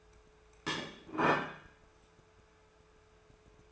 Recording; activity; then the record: daily activity, microphone in the room; place plate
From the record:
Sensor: 2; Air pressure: 1014.9 hPa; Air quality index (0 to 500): 203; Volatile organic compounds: 20 ppm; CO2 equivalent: 2687 ppm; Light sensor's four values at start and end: 11/28/12/12 and 12/29/12/13